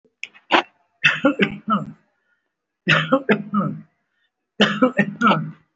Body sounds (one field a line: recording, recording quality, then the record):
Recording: heavy voluntary cough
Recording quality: excellent, no background noise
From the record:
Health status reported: respiratory illness, not identified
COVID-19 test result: negative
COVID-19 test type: RT-PCR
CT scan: not taken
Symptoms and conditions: breathing difficulty, chronic lung disease, hypertension, diabetes, ischaemic heart disease, another condition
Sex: male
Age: 64 years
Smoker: yes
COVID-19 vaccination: both doses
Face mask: worn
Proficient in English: yes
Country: India